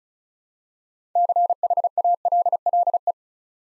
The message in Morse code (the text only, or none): CHALLE